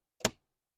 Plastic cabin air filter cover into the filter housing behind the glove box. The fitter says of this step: okay both of them clicked